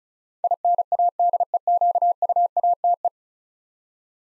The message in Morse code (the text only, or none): INADEQUATE